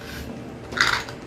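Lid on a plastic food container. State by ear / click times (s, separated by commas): not seated / none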